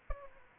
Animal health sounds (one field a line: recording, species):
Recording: mosquito wingbeat signal from an infrared sensor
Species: Aedes aegypti